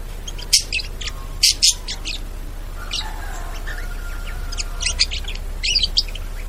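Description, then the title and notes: Bird chirping in scattered bright bursts, with a thin drawn-out whistle in the middle and low background hum. Bird ringtone with melodious sounds. "Burung Dengan Suara Merdu"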